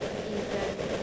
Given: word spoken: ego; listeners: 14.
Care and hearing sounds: one English word in noise, from a listening test; noise modulated by three-talker babble; -7.0 dB; 0 of 14; 6 of 14; 0.63 s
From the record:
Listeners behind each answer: 6, 1, 1, 1, 1, 1, 1, 1, 1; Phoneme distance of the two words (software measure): 30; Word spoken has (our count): 2 syllables, 3 phonemes, stress on syllable 1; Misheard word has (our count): 2 syllables, 3 phonemes, stress on syllable 1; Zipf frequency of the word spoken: 3.63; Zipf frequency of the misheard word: 5.85

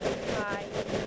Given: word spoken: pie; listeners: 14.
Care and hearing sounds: one English word in noise, from a listening test; noise modulated by three-talker babble; -4.7 dB; 0 of 14; 7 of 14; 0.66 s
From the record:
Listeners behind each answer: 7, 3, 1, 1, 1, 1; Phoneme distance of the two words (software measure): 10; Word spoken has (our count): 1 syllable, 2 phonemes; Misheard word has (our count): 1 syllable, 2 phonemes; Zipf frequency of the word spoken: 4.55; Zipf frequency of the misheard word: 5.53

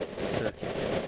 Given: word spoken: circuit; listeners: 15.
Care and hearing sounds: one English word in noise, from a listening test; noise modulated by three-talker babble; -7.2 dB; 0 of 15; 11 of 15; 0.68 s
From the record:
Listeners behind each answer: 11, 3, 1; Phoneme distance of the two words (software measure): 34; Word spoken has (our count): 2 syllables, 5 phonemes, stress on syllable 1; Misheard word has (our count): 3 syllables, 7 phonemes, stress on syllable 1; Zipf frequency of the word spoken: 3.97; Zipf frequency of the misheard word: 3.67

